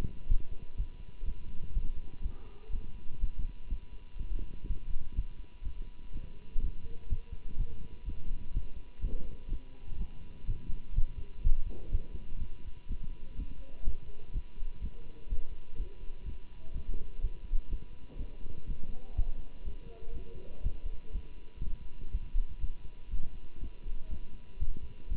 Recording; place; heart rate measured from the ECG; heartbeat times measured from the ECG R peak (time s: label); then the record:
heart sounds by stethoscope; between the tricuspid and mitral areas; 123 bpm
0.28 s: heartbeat
0.76 s: heartbeat
1.24 s: heartbeat
1.73 s: heartbeat
2.22 s: heartbeat
2.71 s: heartbeat
3.20 s: heartbeat
3.69 s: heartbeat
4.17 s: heartbeat
4.66 s: heartbeat
5.15 s: heartbeat
5.63 s: heartbeat
6.12 s: heartbeat
6.60 s: heartbeat
7.08 s: heartbeat
7.56 s: heartbeat
8.04 s: heartbeat
8.52 s: heartbeat
9.00 s: heartbeat
9.48 s: heartbeat
9.97 s: heartbeat
10.46 s: heartbeat
10.94 s: heartbeat
11.43 s: heartbeat
11.91 s: heartbeat
12.39 s: heartbeat
12.87 s: heartbeat
13.35 s: heartbeat
13.84 s: heartbeat
14.32 s: heartbeat
14.80 s: heartbeat
15.28 s: heartbeat
15.76 s: heartbeat
16.24 s: heartbeat
16.72 s: heartbeat
17.20 s: heartbeat
17.69 s: heartbeat
18.17 s: heartbeat
18.66 s: heartbeat
19.15 s: heartbeat
19.64 s: heartbeat
20.13 s: heartbeat
20.62 s: heartbeat
21.12 s: heartbeat
21.61 s: heartbeat
22.11 s: heartbeat
22.60 s: heartbeat
23.10 s: heartbeat
23.59 s: heartbeat
24.09 s: heartbeat
24.58 s: heartbeat
25.08 s: heartbeat
From the record:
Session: Bruce protocol treadmill stress test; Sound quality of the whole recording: good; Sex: male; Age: 24 years